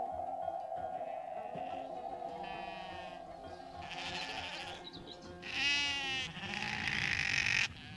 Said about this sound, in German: Hier bin ich. Und ich habe dir 6 Schafe mitgebracht.